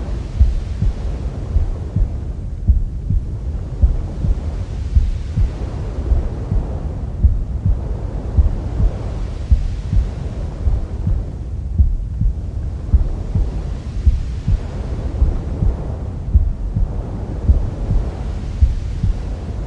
Womb Sounds with Mother's Heartbeat. Try our calming sleep sounds to help your baby sleep faster.